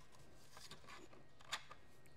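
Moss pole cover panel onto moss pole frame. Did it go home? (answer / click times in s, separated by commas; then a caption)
yes / 1.5 s. Plastic cover panels are fitted onto a custom moss pole frame, with soft rubbing and handling sounds throughout. A sharp snap at 1.5 seconds marks a panel seating into place, followed by a smaller click.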